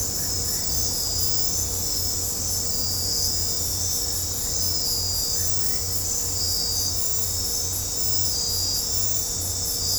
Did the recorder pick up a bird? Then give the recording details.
no. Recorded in dense forest near Puerto Asís, Putumayo, Colombia, on 26 December 2024 at 00:00. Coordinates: 0.503, -76.323. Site G043